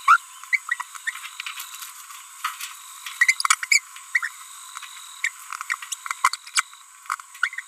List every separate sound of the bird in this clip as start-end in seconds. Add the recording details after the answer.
0.08-0.17, 0.53-0.57, 0.69-0.74, 1.07-1.11, 3.21-3.34, 3.71-3.79, 4.15-4.19, 4.23-4.28, 5.24-5.28, 5.70-5.75, 5.92-5.94, 6.55-6.61, 7.43-7.48. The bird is a female. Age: 30 days. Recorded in a nest box in Venezuela. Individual 17B42B3